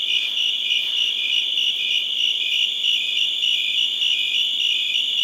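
Crickets chirping in a steady, dense high trill with faint pulsing, continuous without pauses.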